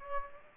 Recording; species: mosquito wingbeat signal from an infrared sensor; Aedes aegypti